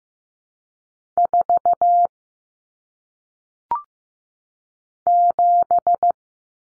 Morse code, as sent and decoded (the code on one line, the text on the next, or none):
....- / --...
4 7